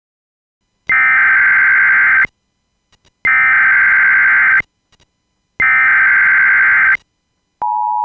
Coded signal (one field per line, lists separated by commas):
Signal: Emergency Alert System (SAME) tones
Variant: header bursts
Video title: EAS Scenario #6: Flare Up